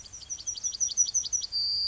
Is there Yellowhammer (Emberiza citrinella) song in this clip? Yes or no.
yes